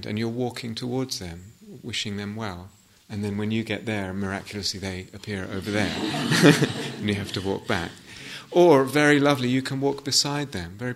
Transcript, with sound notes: And you're walking towards them wishing them well. And then when you get there, miraculously they appear over there. [laughter] And you have to walk back. Or -- very lovely -- you can walk beside them.